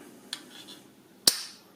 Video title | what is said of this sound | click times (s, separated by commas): Xiaomi MiJia Yeelight Nigh Light | it just snaps back into position that means you can stick this on to a wall and then get it down when you need to charge it pretty | 1.3 s